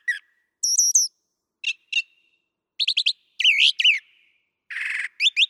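Brown thrasher song: a high twittering pair, doubled sharp chips, a rough buzzy phrase and a harsh rattle, each phrase set apart by short pauses.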